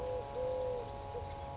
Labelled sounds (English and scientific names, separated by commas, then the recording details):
Eurasian Collared Dove (Streptopelia decaocto)
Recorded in Sonoma County, California